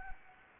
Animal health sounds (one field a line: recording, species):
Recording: mosquito wingbeat signal from an infrared sensor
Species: Anopheles gambiae